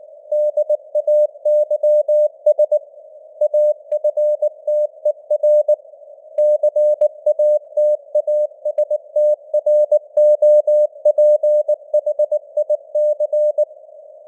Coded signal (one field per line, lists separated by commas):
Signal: Morse code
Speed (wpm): 19 wpm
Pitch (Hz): 600 Hz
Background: none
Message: DAYS AFTER CATASTROPHIC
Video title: Morse Code News | 2025-10-18 | 19wpm